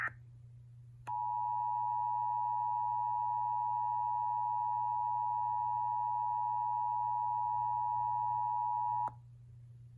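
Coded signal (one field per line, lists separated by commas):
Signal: Emergency Alert System (SAME) tones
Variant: 853 and 960 Hz attention tone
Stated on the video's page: Fictional EAS scenario, a simulated alert made as a meme-inspired story.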